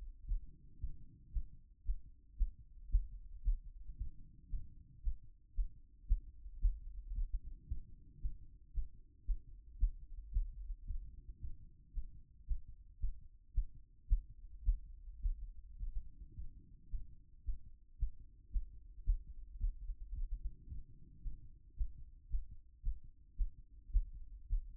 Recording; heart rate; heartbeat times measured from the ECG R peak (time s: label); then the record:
heart sounds by stethoscope; 112 bpm
0.25 s: heartbeat
0.78 s: heartbeat
1.31 s: heartbeat
1.84 s: heartbeat
2.36 s: heartbeat
2.89 s: heartbeat
3.42 s: heartbeat
3.95 s: heartbeat
4.49 s: heartbeat
5.02 s: heartbeat
5.54 s: heartbeat
6.06 s: heartbeat
6.59 s: heartbeat
7.12 s: heartbeat
7.66 s: heartbeat
8.19 s: heartbeat
8.72 s: heartbeat
9.25 s: heartbeat
9.78 s: heartbeat
10.31 s: heartbeat
10.85 s: heartbeat
11.38 s: heartbeat
11.92 s: heartbeat
12.46 s: heartbeat
12.99 s: heartbeat
13.52 s: heartbeat
14.07 s: heartbeat
14.63 s: heartbeat
15.20 s: heartbeat
15.77 s: heartbeat
16.33 s: heartbeat
16.89 s: heartbeat
17.43 s: heartbeat
17.97 s: heartbeat
18.50 s: heartbeat
19.04 s: heartbeat
19.58 s: heartbeat
20.12 s: heartbeat
20.67 s: heartbeat
21.21 s: heartbeat
21.75 s: heartbeat
22.29 s: heartbeat
22.82 s: heartbeat
23.35 s: heartbeat
23.91 s: heartbeat
24.47 s: heartbeat
From the record:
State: after exercise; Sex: male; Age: 52 years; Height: 176 cm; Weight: 105 kg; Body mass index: 33.90